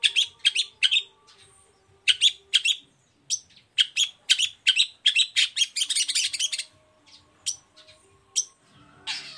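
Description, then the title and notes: Long-tailed shrike song of short harsh buzzy notes in quick groups, building into a dense rattling chatter before trailing off into scattered notes. Cendet singing in the morning with varied 'toet toet' notes; used as a lure to provoke other shrikes into answering. "Cendet Gacor Dor Di Kala Pagi Toet Toet Variasi Suara. Pancingan Emosi Cendet Gacor Full Variasi Toet Toet Bikin Nyaut Cendet Lain Langsung Ikutan Bunyi. Burung cendet"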